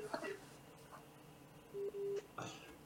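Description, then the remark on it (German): A phone call tone from a voice chat app sounds as short, steady mid-pitched beeps, two closely spaced ones standing out, with bits of speech before and after. “Ruft ihr mich gerade auf meinem Handy an?”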